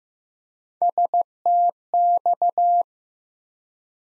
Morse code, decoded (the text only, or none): STX